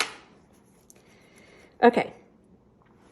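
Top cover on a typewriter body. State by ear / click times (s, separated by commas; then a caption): not seated / none. Handling of the metal top cover over the ribbon on a 1952 Smith Corona Silent typewriter, which must be pushed until it snaps down so the return handle won't scratch across it. A sharp decaying knock opens the clip, a faint tick follows at about 0.9 s, and someone talks briefly near 1.9 s. Nothing has seated or clicked yet; the cover has not snapped shut by the end.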